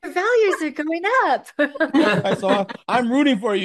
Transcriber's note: laughs